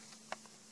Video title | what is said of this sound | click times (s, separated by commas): How to install laptop notebook memory ram on Samsung RC530 | once it's in you can push this downward and you heard a clicking sound so this clips locks the RAM in and yep | 0.3 s